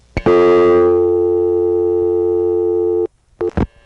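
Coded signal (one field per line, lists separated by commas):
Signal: telephone call progress tone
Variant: North America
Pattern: dial tone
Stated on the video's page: Telephone call progress tones recorded on a 1976 phone trip through the local exchange in Harrisonburg, Virginia, including local carrier sounds.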